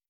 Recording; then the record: hydrophone in a shrimp aquaculture tank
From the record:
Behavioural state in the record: feeding